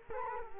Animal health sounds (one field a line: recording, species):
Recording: mosquito wingbeat signal from an infrared sensor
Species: Culex quinquefasciatus